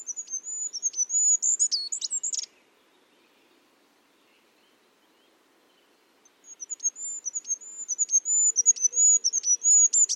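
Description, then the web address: Bird song: high, thin trilled phrases near the top of the range, the first ending in a sharp downward flourish, separated by a long silent pause. "cianscape. Deverinetal 2025. Bird Only"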